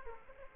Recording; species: mosquito wingbeat signal from an infrared sensor; Aedes aegypti